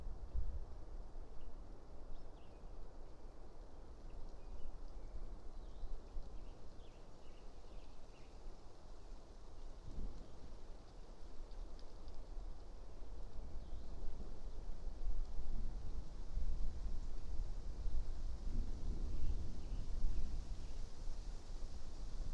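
A passing thunderstorm rumbles low and steadily, swelling louder in the second half, while scattered bird chirps and a soft hiss sit above.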